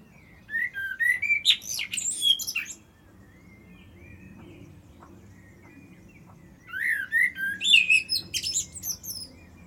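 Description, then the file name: Common blackbird song: two fluting, warbled low phrases, each ending in a thin, high, squeaky twitter, separated by a few seconds of quiet. "Turdus merula"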